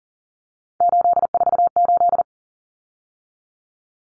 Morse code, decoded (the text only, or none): 848